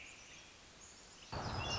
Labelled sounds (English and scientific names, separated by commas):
American Robin (Turdus migratorius)